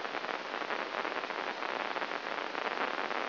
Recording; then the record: brain microelectrode recording played as sound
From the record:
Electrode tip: inside the subthalamic nucleus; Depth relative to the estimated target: 1 mm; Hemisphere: left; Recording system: AlphaMap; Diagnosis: Parkinson's disease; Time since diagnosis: 12 years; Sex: male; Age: 57 years